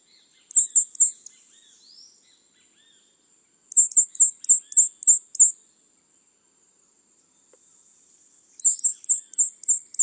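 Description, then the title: White-chinned sapphire giving very high, sharp chips in bursts of three, seven and six notes, with quiet pauses between bursts. Nominate subspecies, Hylocharis cyanus cyanus. "LuckyPassaro Completos2Sama. White-chinned Sapphire"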